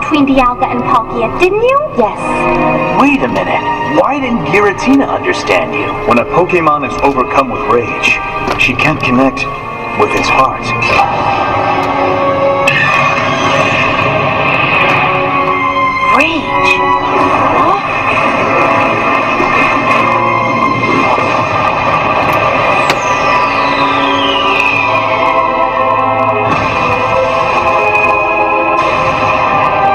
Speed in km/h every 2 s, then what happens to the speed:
32, 22, 14, 13, 10, 10, 14, 16, 13, 6, 0, 0, 0, 0, 0.
0-10 slows to 10. 10-15 steady at about 14. 15-19 brakes to 0. 19-30 standing.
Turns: 0-13.